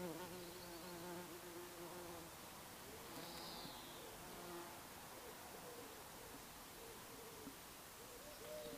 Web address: travelogue 2010 street recordings transit june AK to Clacton bees